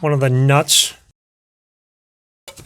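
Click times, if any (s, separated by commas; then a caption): 2.5 s. Someone talks while loosening one of the four 10 mm nuts holding the clutch fan assembly on a 2005-2019 Nissan Frontier 4.0L, with a screwdriver wedged in to stop the fan from turning. After about a second of silence, a single sharp slip sounds at 2.5 s as the nut rounds off under the wrench and strips out.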